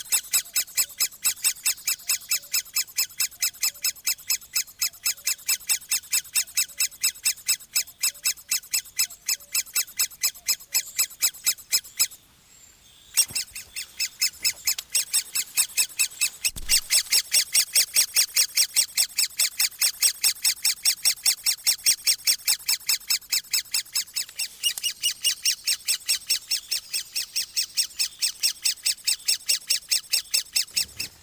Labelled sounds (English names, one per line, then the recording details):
Great Spotted Woodpecker call
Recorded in the wild
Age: juvenile
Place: Glienicke/Nordbahn, Brandenburg, DE
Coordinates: 52.6369, 13.3419
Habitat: forest
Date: 1983-06-04 10:50
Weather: diesig, 18°C, leichter Wind
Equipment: Nagra SN, Kopie Uher 4000 Monitor Report
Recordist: Tembrock, Günter